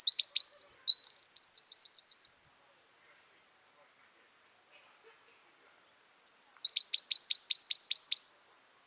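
Northern wren song: a rapid run of high notes with a buzzy trill, then a pause before another fast burst of repeated notes.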